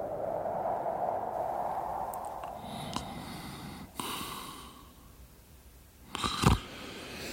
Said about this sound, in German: Mein Gott, Sie schnarchen ja. Was ist los? Ich habe gesagt, Sie schnarchen.